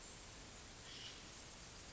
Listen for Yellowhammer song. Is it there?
no